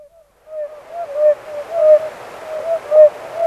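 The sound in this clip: Oriental fire-bellied toad notes, soft and tonal, blurring into one another after a brief note and a short silence at the start, with a faint hiss behind.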